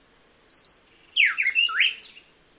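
Buff-breasted wren song: two short high whistles, then a loud run of rich, slurred, down-sweeping whistled notes.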